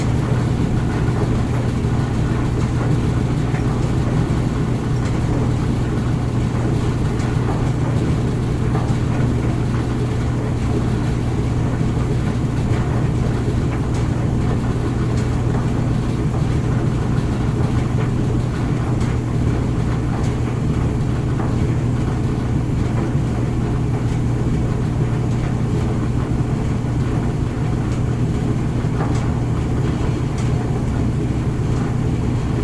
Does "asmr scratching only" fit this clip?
no